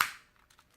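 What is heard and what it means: A plastic Bandai game cartridge, made in Japan in 1998, is pushed into the slot of a WonderSwan handheld game console. A sharp, bright click at 0.0 s quickly fades, followed by a few faint small settling ticks. The cartridge is seated in the console.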